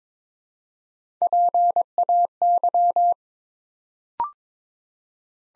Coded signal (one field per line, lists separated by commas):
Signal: Morse code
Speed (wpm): 23 wpm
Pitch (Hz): 700 Hz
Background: none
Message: PAY